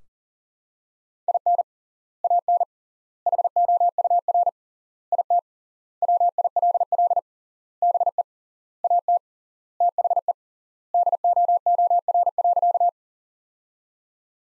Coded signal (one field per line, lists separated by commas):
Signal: Morse code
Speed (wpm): 40 wpm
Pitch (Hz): 700 Hz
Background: none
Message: IN AN HOUR IT WILL BE AT THE DOOR.